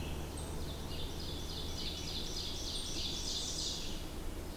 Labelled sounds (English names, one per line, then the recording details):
Ovenbird song
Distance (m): 60 m
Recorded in boreal forest in Alberta, Canada, on 20 June 2016 at 07:26
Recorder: SongMeter 3, array SBT-6-81
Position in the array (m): 180 m, 162 m
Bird 25